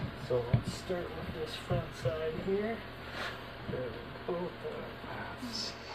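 A cleaned, broken ammonite fossil section is handled against the main piece to rejoin it along its suture lines, while someone talks throughout with soft handling noises. Nothing has seated or clicked into place yet.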